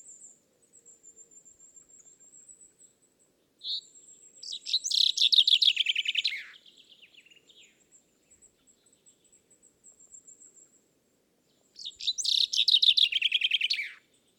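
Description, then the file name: Common chaffinch song repeated twice, each a loud falling series of quick chirps ending in a flourish, separated by soft scattered notes and a thin, very high trilling in the background. "Fringilla coelebs"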